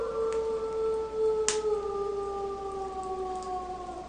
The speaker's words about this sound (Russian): Это волки. Здесь, высоко в горах, их много, но они не потревожат нас. Они далеко отсюда.